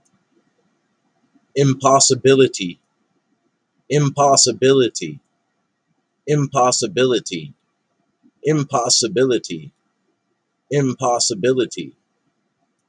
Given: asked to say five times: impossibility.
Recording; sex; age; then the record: repeated word; male; 40 to 49 years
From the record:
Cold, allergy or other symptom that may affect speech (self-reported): no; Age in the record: 43 years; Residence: Massachusetts, United States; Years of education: 14